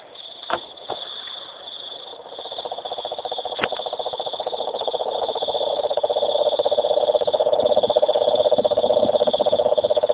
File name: rhinella marina